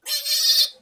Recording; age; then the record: pig call; piglet (1 to 25 days)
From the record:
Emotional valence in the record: negative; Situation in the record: restrain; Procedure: back test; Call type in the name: high-frequency call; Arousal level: medium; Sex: male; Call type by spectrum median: high-frequency call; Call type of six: high-frequency modulated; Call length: 0.82 s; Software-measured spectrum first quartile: 4319 Hz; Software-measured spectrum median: 5122 Hz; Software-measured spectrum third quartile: 8085 Hz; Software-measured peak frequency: 4567 Hz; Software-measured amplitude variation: 171 dB a second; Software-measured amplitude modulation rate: 11.6 a second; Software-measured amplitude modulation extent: 14.7 dB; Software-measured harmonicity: 5.6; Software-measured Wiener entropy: -2.79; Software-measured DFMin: 616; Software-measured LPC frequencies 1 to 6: 699, 1873, 2829, 3586, 4303, 4826 Hz